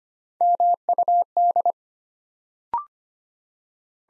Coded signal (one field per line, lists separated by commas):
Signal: Morse code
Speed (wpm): 25 wpm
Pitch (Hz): 700 Hz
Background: none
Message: MUD